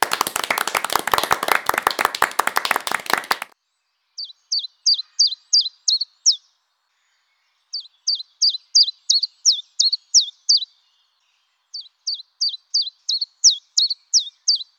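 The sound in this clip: Common Chiffchaff song: three bursts of bright, evenly paced chiff-chaff notes, preceded by a few seconds of loud clapping.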